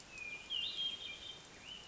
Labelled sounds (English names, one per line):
Hermit Thrush